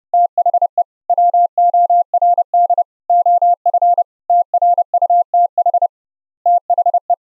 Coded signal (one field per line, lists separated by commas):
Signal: Morse code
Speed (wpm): 30 wpm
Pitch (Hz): 700 Hz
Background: none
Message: THE WORD OF TRUTH THE